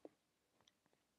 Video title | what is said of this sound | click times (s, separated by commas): Type 63: China Makes an AK/SKS Hybrid | And then you have the lever right here, which when it's open you've got this cutout cylinder, that locks in place like that. | 0.0 s, 0.7 s